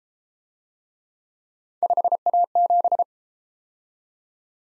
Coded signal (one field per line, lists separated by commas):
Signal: Morse code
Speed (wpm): 33 wpm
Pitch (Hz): 700 Hz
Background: none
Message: 5A7